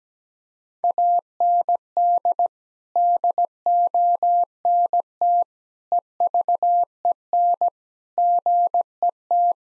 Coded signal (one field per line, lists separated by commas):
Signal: Morse code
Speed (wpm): 17 wpm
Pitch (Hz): 700 Hz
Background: none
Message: AND DONT EVEN GET